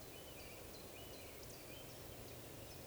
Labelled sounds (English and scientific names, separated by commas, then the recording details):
Eurasian Woodcock (Scolopax rusticola) whistle
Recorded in Baden-Württemberg, Germany, on 11 June 2020 at 19:41 UTC
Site 41501, 195 m above sea level